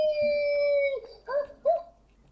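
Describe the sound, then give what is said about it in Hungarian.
A loud, high-pitched screech from a snail in a video played at full volume holds steady for about a second, then wavers and breaks into two shorter rising-and-falling squeals, almost like a howl, with no talking over it. “Hallod, kaptam egy linket másik TSN, és egy csiga visít benne, de így full hangerő.”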